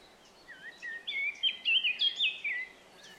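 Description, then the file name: Eurasian blackcap song: a quick warbled phrase of varied notes that grows louder, ending in a run of clear, fluty whistled notes, with a soft hiss behind. "Sylvia atricapilla"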